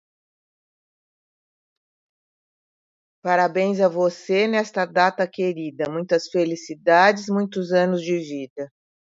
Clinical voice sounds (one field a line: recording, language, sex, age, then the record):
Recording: short text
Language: Brazilian Portuguese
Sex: female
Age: 70 to 79 years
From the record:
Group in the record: control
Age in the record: 72 years